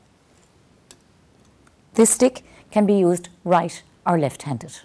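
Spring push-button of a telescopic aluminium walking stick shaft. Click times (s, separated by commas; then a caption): 0.9 s. The spring push-button on the anodised aluminium shaft of a telescopic walking stick snaps back into its hole with a sharp click at 0.9 s, after the front and back buttons were pressed and the shaft twisted and slid to a new height. A fainter tick follows at 1.7 s, then someone talks. The height button is seated and clicked into place.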